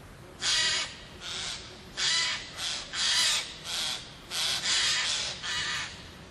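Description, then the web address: Eurasian jay calling with a series of several hoarse, grating screeches, unevenly spaced throughout. Pine forests, 2020. "bory 2020 Sojka Obecna"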